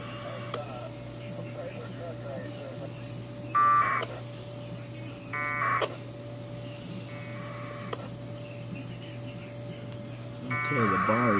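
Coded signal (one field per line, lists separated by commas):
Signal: packet radio (AX.25, as in APRS)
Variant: 1200 baud AFSK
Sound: three short harsh data bursts, the last about one second, over steady hum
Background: speech, electrical hum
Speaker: close to being completed [Music] before the bars completing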